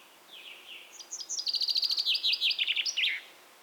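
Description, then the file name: Common chaffinch song: a fast cascade of crisp notes ending in a brisk flourish, after soft whistles. "Fringilla coelebs"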